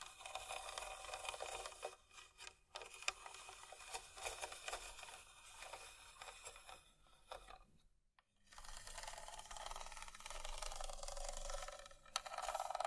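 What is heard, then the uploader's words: ASMR scratching: dense, raspy scraping strokes that run almost continuously, bright and fizzy with little low end. The texture is gritty like filing on wood, with brief pauses near 2 and 2.7 seconds and a clear gap around 8 seconds before the scratching resumes. ASMR Scratching.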